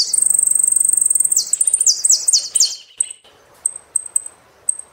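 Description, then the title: Saffron finch sings: a long rapid high trill breaking into slurred chirps, followed by spaced single high notes. "Jilguero Argentino"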